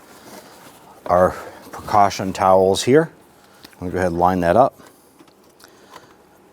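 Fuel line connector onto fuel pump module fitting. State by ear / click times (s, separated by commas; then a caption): not seated / none. Someone talks while lining up a fuel line connector with the fuel pump module fitting on top of the fuel tank of a 2005-2010 Chrysler 300, with a couple of faint ticks near 5.6 s and 6.0 s. The connector is only being handled, and nothing has seated or clicked yet.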